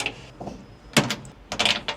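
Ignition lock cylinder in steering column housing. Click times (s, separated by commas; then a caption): 1.0 s, 1.6 s. A needle is pushed through the access hole to depress the retaining clip on an ignition lock cylinder in a steering column housing, with the key turned to accessory. Sharp metallic clicks sound at 0.97 s and 1.6 s as the clip releases and the metal cylinder slides out of the housing. Someone talks.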